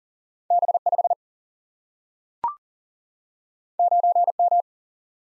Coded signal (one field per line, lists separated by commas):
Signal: Morse code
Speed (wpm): 40 wpm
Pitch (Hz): 700 Hz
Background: none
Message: B5 9M